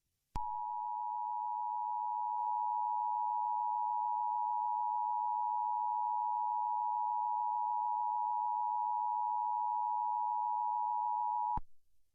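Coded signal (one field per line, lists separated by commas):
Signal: Emergency Alert System (SAME) tones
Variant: 853 and 960 Hz attention tone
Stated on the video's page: Valid EAS SAME tones in a fictional anime-based alert scenario made with slides.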